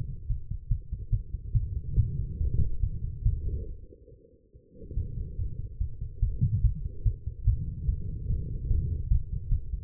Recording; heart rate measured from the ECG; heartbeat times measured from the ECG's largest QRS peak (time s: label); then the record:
heart sounds by stethoscope; 143 bpm
0.28 s: heartbeat
0.69 s: heartbeat
1.11 s: heartbeat
1.53 s: heartbeat
1.96 s: heartbeat
2.39 s: heartbeat
2.81 s: heartbeat
3.24 s: heartbeat
3.67 s: heartbeat
4.10 s: heartbeat
4.53 s: heartbeat
4.96 s: heartbeat
5.37 s: heartbeat
5.79 s: heartbeat
6.21 s: heartbeat
6.62 s: heartbeat
7.04 s: heartbeat
7.46 s: heartbeat
7.87 s: heartbeat
8.28 s: heartbeat
8.69 s: heartbeat
9.09 s: heartbeat
9.50 s: heartbeat
From the record:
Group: healthy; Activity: rest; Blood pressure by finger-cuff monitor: 93/55 mmHg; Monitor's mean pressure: 80 mmHg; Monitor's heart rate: 146 bpm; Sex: female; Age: 19 years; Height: 163 cm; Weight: 51 kg